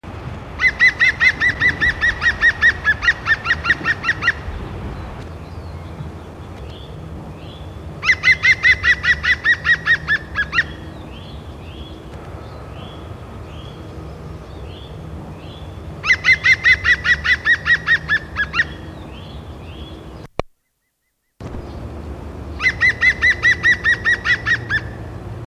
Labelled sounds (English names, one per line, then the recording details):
European Green Woodpecker
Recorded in the wild
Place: Detmold, OT Hiddesen, Teutoburger Wald, Nordrhein-Westfalen, DE
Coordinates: 51.9272, 8.80583
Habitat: pond
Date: 1973-04-15
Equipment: Uher 4200 Report Stereo, Bändchenmikro Beyer M 260, Parabolspiegel Polyester (600 mm)
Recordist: Conrads, Klaus
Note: NSG Donoper Teich bei Detmold. Rufreihen